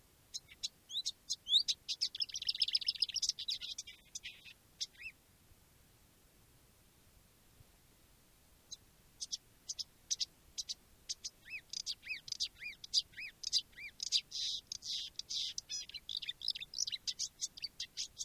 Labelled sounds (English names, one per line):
Marsh Warbler